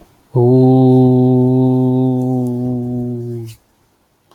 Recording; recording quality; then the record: sustained vowel as in boot; excellent, no background noise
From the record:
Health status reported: healthy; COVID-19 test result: not tested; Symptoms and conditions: none ticked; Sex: male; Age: 25 years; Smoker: not ticked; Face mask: not worn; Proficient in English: yes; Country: India